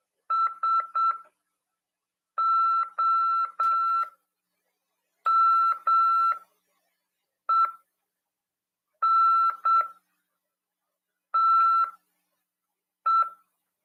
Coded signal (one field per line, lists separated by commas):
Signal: Morse code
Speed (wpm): 8 wpm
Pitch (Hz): 1340 Hz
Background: none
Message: SOMENTE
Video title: RADIOAMADOR "AULA 48 CW" 2ªED. 18/4/2022 "SORTEIO: RÁDIO OK no NATAL/BRASIL" PY2EXU PAULO HAM RADIO